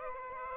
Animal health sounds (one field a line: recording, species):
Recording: mosquito wingbeat signal from an infrared sensor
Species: Aedes aegypti